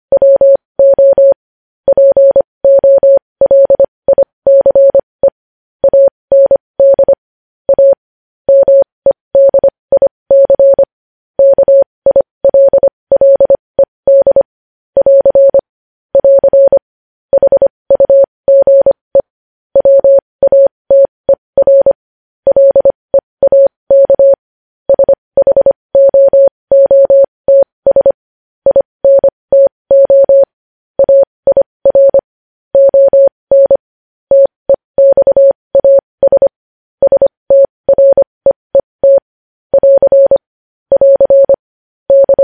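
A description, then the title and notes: Morse code sent as a single steady tone a little above 500 Hz, keyed on and off in quick dots and dashes with short gaps between letters and words. The keying runs almost without pause for the whole stretch, clean, with near-silent gaps between. Morse code.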